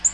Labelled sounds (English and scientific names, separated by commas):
Black-throated Green Warbler (Setophaga virens) flight call